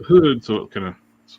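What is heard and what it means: A plastic hood is being fitted onto a custom action figure's head, with epoxy added inside the hood so it grips. Someone talks throughout, and a faint short sound is heard near the end. Nothing has seated or clicked yet, as the hood is handled but not yet home.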